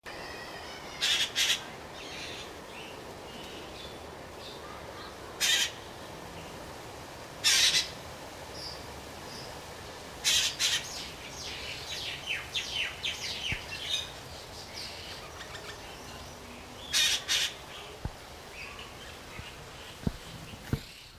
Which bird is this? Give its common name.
San Blas Jay